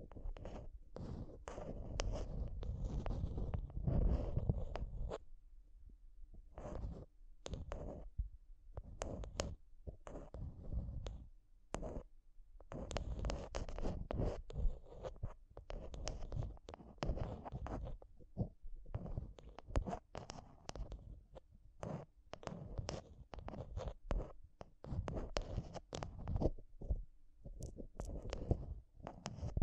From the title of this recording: Intense Mic Tapping and Scratching Sounds